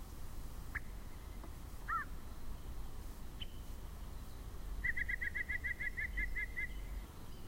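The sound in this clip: Yellow-breasted chat gives sharp scattered chips and a whistled slur, then a long quick run of evenly repeated piping notes against steady noise.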